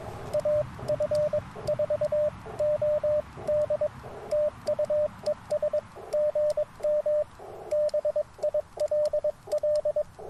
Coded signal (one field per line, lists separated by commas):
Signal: Morse code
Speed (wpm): 22 wpm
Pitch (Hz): 600 Hz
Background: radio noise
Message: AF4OD TU ES GM BILL